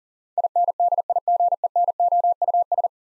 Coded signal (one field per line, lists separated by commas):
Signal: Morse code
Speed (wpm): 40 wpm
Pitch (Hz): 700 Hz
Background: none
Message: INDIGENOUS